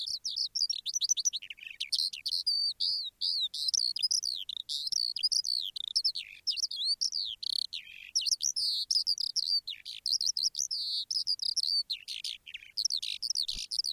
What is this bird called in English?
Eurasian Skylark